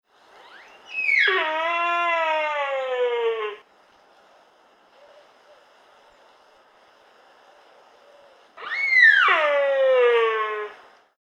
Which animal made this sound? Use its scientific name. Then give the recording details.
Cervus nippon. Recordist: Tembrock, Günter. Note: Bruftrufe